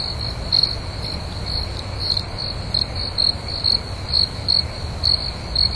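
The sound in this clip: Cricket chirping: short high pulsed chirps on one steady pitch, regularly repeated, over a low background rumble.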